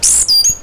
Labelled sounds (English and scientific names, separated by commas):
Stitchbird (Notiomystis cincta) song